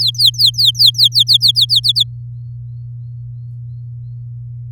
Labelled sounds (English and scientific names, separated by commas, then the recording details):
Domestic Canary (Serinus canaria) song
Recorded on 6 May 2018 at 08:59
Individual llb16